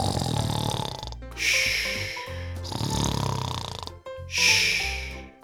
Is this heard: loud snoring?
yes